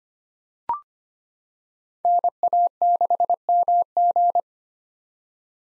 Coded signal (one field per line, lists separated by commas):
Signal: Morse code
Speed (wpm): 25 wpm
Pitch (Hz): 700 Hz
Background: none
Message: NA6MG